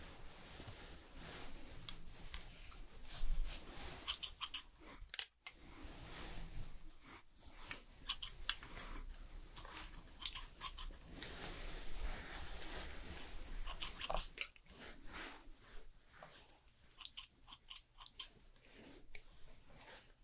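A fast haircut and styling session, filled with dense, irregular snipping and crisp rustling of hair that comes in quick bursts throughout. A sharp click stands out around five seconds, and a low steady hum runs underneath, thinning out briefly near the end.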